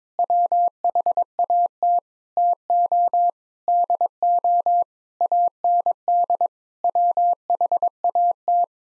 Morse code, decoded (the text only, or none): WHAT TO DO AND WHAT